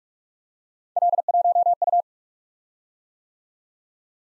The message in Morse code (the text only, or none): L1U